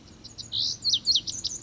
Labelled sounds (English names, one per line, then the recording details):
Lazuli Bunting
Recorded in Sonoma County, California